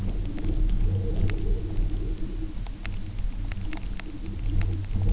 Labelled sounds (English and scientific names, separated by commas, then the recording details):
none
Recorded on Arctic tundra, site UTQI-0, on 27 June 2018
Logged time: 04:00